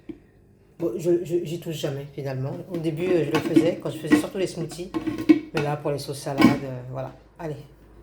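A covered blender jar is handled on its motor base while someone talks, with a few faint light clinks under the voice. Nothing has seated or clicked yet; the jar has not locked onto the base.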